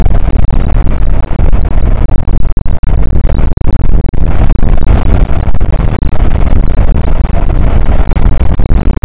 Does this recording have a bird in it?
no